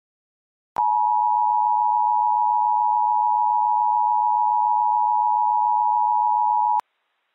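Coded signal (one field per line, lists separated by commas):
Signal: Emergency Alert System (SAME) tones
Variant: 853 and 960 Hz attention tone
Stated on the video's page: EAS tones in a work of fiction, modified and not valid to prevent an actual activation.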